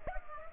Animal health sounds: mosquito wingbeat signal from an infrared sensor; Culex pipiens

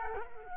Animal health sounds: mosquito wingbeat signal from an infrared sensor; Culex quinquefasciatus

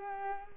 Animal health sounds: mosquito wingbeat signal from an infrared sensor; Culex pipiens

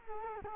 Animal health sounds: mosquito wingbeat signal from an infrared sensor; Culex quinquefasciatus

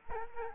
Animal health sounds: mosquito wingbeat signal from an infrared sensor; Aedes aegypti

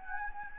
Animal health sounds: mosquito wingbeat signal from an infrared sensor; Anopheles gambiae

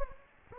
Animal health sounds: mosquito wingbeat signal from an infrared sensor; Anopheles gambiae

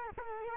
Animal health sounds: mosquito wingbeat signal from an infrared sensor; Culex quinquefasciatus

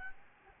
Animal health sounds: mosquito wingbeat signal from an infrared sensor; Aedes albopictus

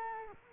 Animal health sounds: mosquito wingbeat signal from an infrared sensor; Culex quinquefasciatus

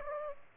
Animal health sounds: mosquito wingbeat signal from an infrared sensor; Aedes aegypti

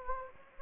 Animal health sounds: mosquito wingbeat signal from an infrared sensor; Anopheles gambiae

